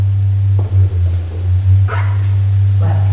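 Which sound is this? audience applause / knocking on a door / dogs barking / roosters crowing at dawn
dogs barking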